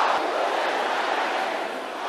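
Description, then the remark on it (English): A large audience shouts a prayer together in one dense, overlapping roar of voices, loud and sustained for a couple of seconds with no single speaker standing out, easing only slightly toward the end. “Everybody together now.”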